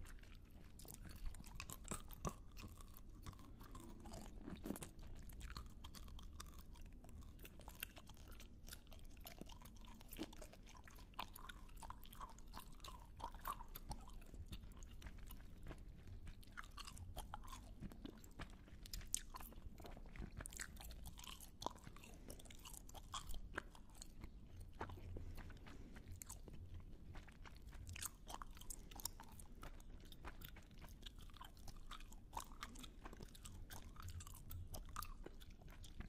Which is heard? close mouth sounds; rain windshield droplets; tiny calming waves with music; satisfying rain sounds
close mouth sounds